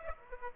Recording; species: mosquito wingbeat signal from an infrared sensor; Aedes aegypti